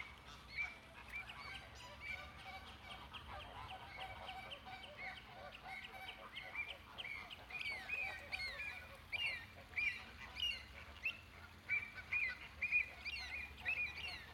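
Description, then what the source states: Flamingo group calling, nasal honks growing louder toward the end. Captive flamingos in the flamingo enclosure at Bristol Zoo.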